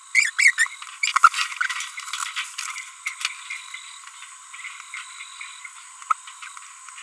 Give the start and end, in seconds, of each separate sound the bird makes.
0.15-0.30, 0.39-0.51, 0.58-0.67